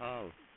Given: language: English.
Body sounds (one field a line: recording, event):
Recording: throat vibration sensor signal played as sound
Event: speech